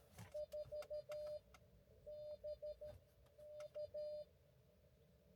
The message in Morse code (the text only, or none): 4 B U